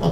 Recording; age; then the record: pig call; piglet (1 to 25 days)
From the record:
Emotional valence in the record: positive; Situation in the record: reunion after long isolation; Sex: male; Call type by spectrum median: low-frequency call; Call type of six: low-frequency tonal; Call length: 0.12 s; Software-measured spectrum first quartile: 157 Hz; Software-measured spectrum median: 315 Hz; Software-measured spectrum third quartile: 657 Hz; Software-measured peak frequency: 160 Hz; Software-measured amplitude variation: 88 dB a second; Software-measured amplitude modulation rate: 4.3 a second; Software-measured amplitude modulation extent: 20.4 dB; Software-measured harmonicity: 0.8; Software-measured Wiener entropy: -0.87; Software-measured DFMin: 1769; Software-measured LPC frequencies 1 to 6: 3043, 4962, 5608, 7654, 8486, 9167 Hz